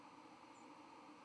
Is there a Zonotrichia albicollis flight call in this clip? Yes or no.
yes